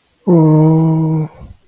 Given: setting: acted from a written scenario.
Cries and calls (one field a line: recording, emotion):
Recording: vocal sound without words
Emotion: sympathy